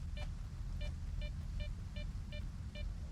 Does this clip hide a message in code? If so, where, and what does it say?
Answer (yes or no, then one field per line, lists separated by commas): no